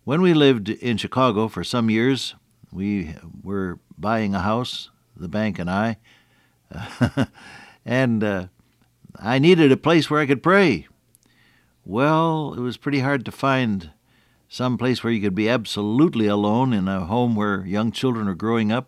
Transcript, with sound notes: When we lived in Chicago for some years, we were buying a house, the bank and I. [chuckle] And I needed a place where I could pray. Well, it was pretty hard to find some place where you could be absolutely alone in a home where young children are growing up.